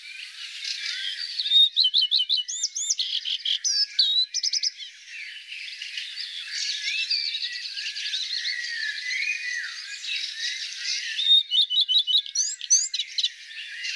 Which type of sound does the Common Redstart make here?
song